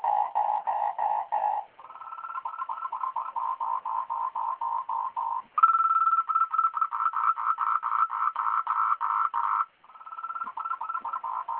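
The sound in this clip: Frog giving long runs of rapid, rasping pulsed notes, broken by brief pauses, with the pitch shifting slightly between bouts.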